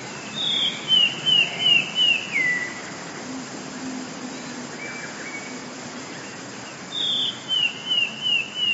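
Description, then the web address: Eurasian blue tit, two song phrases about six seconds apart, each a thin high note leading into a rapid string of descending whistled notes. "wroblowe teka 2 spiew 12. wroblowe teka modraszkoteka"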